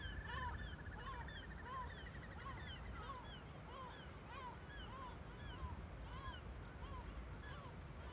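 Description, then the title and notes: Gull alarm calls, steady barking notes repeated over low rumbling background, a fast trill from another bird in the first seconds. Huge cirque above Viðarlundin forest, Kunoy, Faroe Islands; gulls and other birds alarmed by the recordist; quadraphonic recording, MixPre-6 II with DPA 4021 and 4022 microphones. "Le Palais des mouettes . Grand Cirque . Kunoy, Îles Féroé. Iles Féroé, KUNOY, nous sommes au dessus la forêt de Viðarlundin í Kunoy, le Cirque est énorme et les mouettes et autres oiseaux se mettent en alerte"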